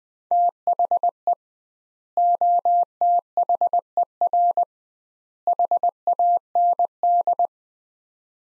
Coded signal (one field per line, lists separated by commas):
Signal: Morse code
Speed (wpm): 20 wpm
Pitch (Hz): 700 Hz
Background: none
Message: THE OTHER HAND